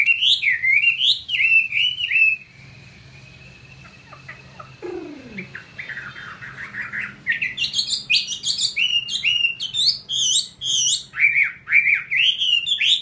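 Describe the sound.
Chinese hwamei song: loud, fluid whistled phrases, a pause with a descending slurred note, then rapid varied repeated whistles.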